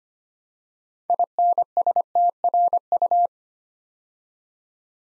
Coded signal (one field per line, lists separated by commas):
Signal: Morse code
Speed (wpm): 25 wpm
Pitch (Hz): 700 Hz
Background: none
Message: INSTRU